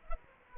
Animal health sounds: mosquito wingbeat signal from an infrared sensor; Anopheles gambiae

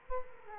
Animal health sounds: mosquito wingbeat signal from an infrared sensor; Culex quinquefasciatus

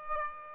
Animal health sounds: mosquito wingbeat signal from an infrared sensor; Aedes aegypti

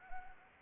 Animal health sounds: mosquito wingbeat signal from an infrared sensor; Anopheles arabiensis

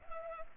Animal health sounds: mosquito wingbeat signal from an infrared sensor; Culex pipiens

